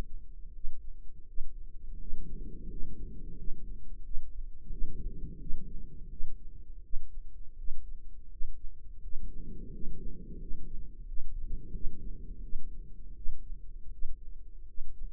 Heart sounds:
heart sounds by microphone in the right ear; 85 bpm
0.51 s: heartbeat
1.25 s: heartbeat
1.97 s: heartbeat
2.67 s: heartbeat
3.34 s: heartbeat
4.02 s: heartbeat
4.69 s: heartbeat
5.38 s: heartbeat
6.08 s: heartbeat
6.81 s: heartbeat
7.55 s: heartbeat
8.28 s: heartbeat
9.00 s: heartbeat
9.70 s: heartbeat
10.37 s: heartbeat
11.04 s: heartbeat
11.72 s: heartbeat
12.40 s: heartbeat
13.13 s: heartbeat
13.89 s: heartbeat
14.65 s: heartbeat
From the record:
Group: healthy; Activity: rest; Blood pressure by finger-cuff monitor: 107/69 mmHg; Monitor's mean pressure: 83 mmHg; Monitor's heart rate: 84 bpm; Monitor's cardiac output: 7.5 L/min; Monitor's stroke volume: 87 mL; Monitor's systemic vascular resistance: 810 dyn s/cm5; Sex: male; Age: 33 years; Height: 179 cm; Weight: 80.4 kg

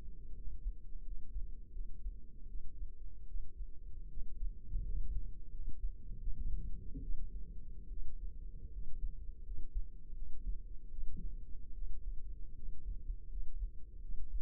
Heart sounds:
heart sounds by microphone in the left ear; 79 bpm
0.33 s: heartbeat
1.01 s: heartbeat
1.71 s: heartbeat
2.46 s: heartbeat
3.25 s: heartbeat
4.08 s: heartbeat
4.82 s: heartbeat
5.50 s: heartbeat
6.18 s: heartbeat
7.01 s: heartbeat
7.88 s: heartbeat
8.69 s: heartbeat
9.42 s: heartbeat
10.13 s: heartbeat
10.89 s: heartbeat
11.73 s: heartbeat
12.54 s: heartbeat
13.28 s: heartbeat
14.00 s: heartbeat
From the record:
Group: healthy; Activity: rest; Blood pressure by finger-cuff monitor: 115/63 mmHg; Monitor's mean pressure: 79 mmHg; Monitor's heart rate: 78 bpm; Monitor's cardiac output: 7.2 L/min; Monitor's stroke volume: 91 mL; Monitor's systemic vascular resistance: 780 dyn s/cm5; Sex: female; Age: 22 years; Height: 160 cm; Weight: 63 kg

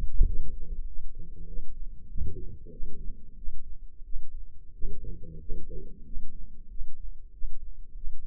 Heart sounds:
heart sounds by microphone in the left ear; 94 bpm
0.25 s: heartbeat
0.85 s: heartbeat
1.46 s: heartbeat
2.07 s: heartbeat
2.70 s: heartbeat
3.36 s: heartbeat
4.03 s: heartbeat
4.72 s: heartbeat
5.39 s: heartbeat
6.04 s: heartbeat
6.68 s: heartbeat
7.32 s: heartbeat
7.94 s: heartbeat
From the record:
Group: healthy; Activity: rest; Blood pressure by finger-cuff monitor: 124/64 mmHg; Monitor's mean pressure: 85 mmHg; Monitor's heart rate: 95 bpm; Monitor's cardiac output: 9.7 L/min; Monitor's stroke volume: 101 mL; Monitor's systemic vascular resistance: 650 dyn s/cm5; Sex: male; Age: 24 years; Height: 184 cm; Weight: 89 kg

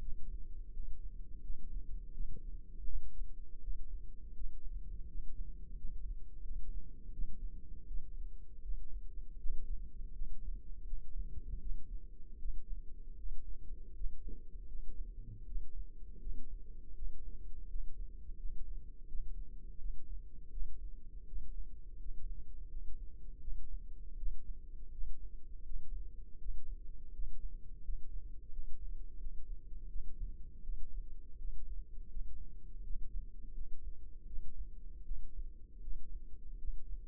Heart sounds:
heart sounds by microphone in the left ear; 82 bpm
0.69 s: heartbeat
1.40 s: heartbeat
2.11 s: heartbeat
2.84 s: heartbeat
3.58 s: heartbeat
4.32 s: heartbeat
5.05 s: heartbeat
5.74 s: heartbeat
6.40 s: heartbeat
7.10 s: heartbeat
7.85 s: heartbeat
8.60 s: heartbeat
9.36 s: heartbeat
10.11 s: heartbeat
10.83 s: heartbeat
11.57 s: heartbeat
12.36 s: heartbeat
13.14 s: heartbeat
13.91 s: heartbeat
14.65 s: heartbeat
15.43 s: heartbeat
16.17 s: heartbeat
16.92 s: heartbeat
17.65 s: heartbeat
18.34 s: heartbeat
19.04 s: heartbeat
19.76 s: heartbeat
20.48 s: heartbeat
21.24 s: heartbeat
21.96 s: heartbeat
22.66 s: heartbeat
23.38 s: heartbeat
24.14 s: heartbeat
24.89 s: heartbeat
25.61 s: heartbeat
26.36 s: heartbeat
27.09 s: heartbeat
27.80 s: heartbeat
28.48 s: heartbeat
29.16 s: heartbeat
29.86 s: heartbeat
30.60 s: heartbeat
31.35 s: heartbeat
32.07 s: heartbeat
32.80 s: heartbeat
33.50 s: heartbeat
34.24 s: heartbeat
35.02 s: heartbeat
35.78 s: heartbeat
36.55 s: heartbeat
From the record:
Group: healthy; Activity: rest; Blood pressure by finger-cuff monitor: 102/56 mmHg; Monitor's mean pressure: 70 mmHg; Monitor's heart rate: 82 bpm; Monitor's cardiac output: 7 L/min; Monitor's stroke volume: 86 mL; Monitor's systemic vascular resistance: 700 dyn s/cm5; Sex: female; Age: 26 years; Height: 165 cm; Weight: 55 kg

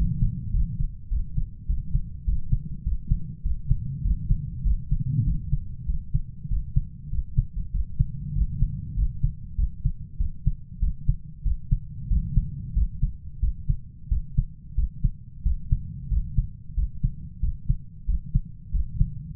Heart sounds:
heart sounds by stethoscope; 96 bpm
0.54 s: heartbeat
1.11 s: heartbeat
1.69 s: heartbeat
2.27 s: heartbeat
2.86 s: heartbeat
3.45 s: heartbeat
4.05 s: heartbeat
4.65 s: heartbeat
5.26 s: heartbeat
5.88 s: heartbeat
6.51 s: heartbeat
7.13 s: heartbeat
7.74 s: heartbeat
8.36 s: heartbeat
8.97 s: heartbeat
9.58 s: heartbeat
10.20 s: heartbeat
10.82 s: heartbeat
11.46 s: heartbeat
12.11 s: heartbeat
12.76 s: heartbeat
13.42 s: heartbeat
14.11 s: heartbeat
14.78 s: heartbeat
15.45 s: heartbeat
16.11 s: heartbeat
16.77 s: heartbeat
17.43 s: heartbeat
18.09 s: heartbeat
18.74 s: heartbeat
From the record:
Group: healthy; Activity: rest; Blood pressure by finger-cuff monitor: 136/76 mmHg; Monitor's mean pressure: 93 mmHg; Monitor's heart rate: 94 bpm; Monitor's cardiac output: 7.8 L/min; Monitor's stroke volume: 83 mL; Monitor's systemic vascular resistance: 890 dyn s/cm5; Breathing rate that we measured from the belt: 16 breaths a minute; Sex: male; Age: 21 years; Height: 175 cm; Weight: 72.6 kg

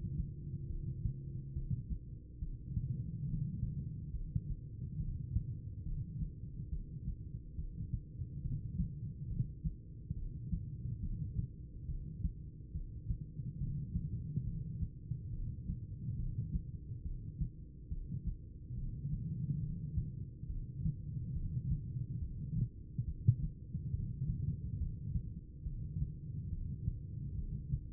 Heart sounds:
heart sounds by stethoscope; 70 bpm
0.65 s: heartbeat
1.51 s: heartbeat
2.37 s: heartbeat
3.24 s: heartbeat
4.10 s: heartbeat
4.96 s: heartbeat
5.82 s: heartbeat
6.68 s: heartbeat
7.54 s: heartbeat
8.40 s: heartbeat
9.26 s: heartbeat
10.12 s: heartbeat
10.98 s: heartbeat
11.84 s: heartbeat
12.70 s: heartbeat
13.57 s: heartbeat
14.43 s: heartbeat
15.28 s: heartbeat
16.15 s: heartbeat
17.01 s: heartbeat
17.87 s: heartbeat
18.73 s: heartbeat
19.58 s: heartbeat
20.45 s: heartbeat
21.31 s: heartbeat
22.17 s: heartbeat
23.03 s: heartbeat
23.89 s: heartbeat
24.75 s: heartbeat
25.61 s: heartbeat
26.47 s: heartbeat
27.34 s: heartbeat
From the record:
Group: heart failure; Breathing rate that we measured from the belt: 11 breaths a minute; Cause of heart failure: idiopathic cardiomyopathy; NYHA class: 2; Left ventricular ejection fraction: 51%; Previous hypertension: present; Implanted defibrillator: present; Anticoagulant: apixaban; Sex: female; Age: 61 years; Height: 163 cm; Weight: 111 kg

